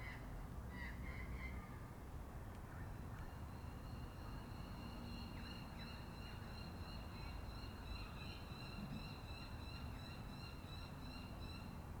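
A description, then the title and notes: Birds call steadily over a loud, constant low rumble, with sharp high squawks early on and a repeating bright chirping throughout. An Evening in Canberra (Feat. 500 Cockies). A typical evening in Canberra, featuring the local Cockies and misc other birds. Recorded during lockdown in April 2020.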